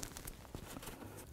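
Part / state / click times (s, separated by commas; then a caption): fuel pump wiring connector onto fuel pump module / not seated / none. The electrical wiring connector, with its lock open, is pushed onto the new fuel pump module of a 1984-2001 Jeep Cherokee. Light handling taps and rustle are heard, with brief sharp ticks around 0.0, 0.2, 0.3 and 0.5 seconds. Nothing has seated or clicked yet.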